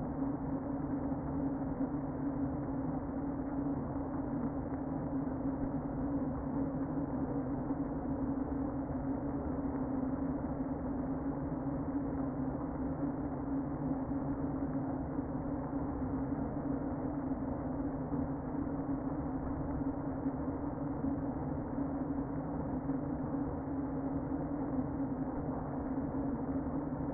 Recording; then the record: honeybee colony, microphone inside the hive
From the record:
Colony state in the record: queen present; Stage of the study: before two queens were removed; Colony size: about 60,000 bees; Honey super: yes